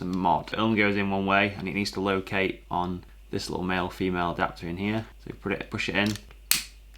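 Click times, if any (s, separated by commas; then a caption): 6.5 s. A GoPro Hero 9, with its side door removed, is pushed into a plastic GoPro Media Mod housing, where it goes in only one way and locates on a small male-female adapter. Someone talks through most of the clip, then a sharp click at 6.5 s marks the latch closing. The camera is seated in the mod and the latch is clicked shut.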